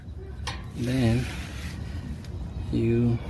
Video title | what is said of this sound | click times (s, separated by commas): *** 2005 Econoline E 350 Fuel Filter Change***✌💯💥 | push it in until it clicks there | 0.5 s